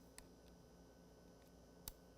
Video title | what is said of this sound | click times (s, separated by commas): Determining Avogadro's Number using Electrolysis | should hear a click now | 1.9 s